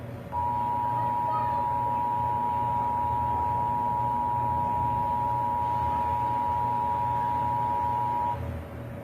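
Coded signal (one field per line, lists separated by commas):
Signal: Emergency Alert System (SAME) tones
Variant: 853 and 960 Hz attention tone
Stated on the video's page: EAS SAME tones from a circulated test broadcast clip with an ominous message.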